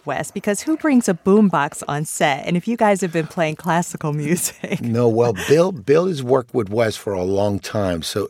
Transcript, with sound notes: because who brings a boom box on set? And if you guys have been playing classical music (laughter)...
No. Well, Bill has worked with Wes for a long time.